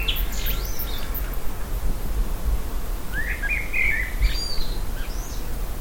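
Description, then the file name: Common blackbird phrase of whistles followed by higher thin notes, with faint thin high notes at the start and a strong low rumble throughout. "Turdus merula"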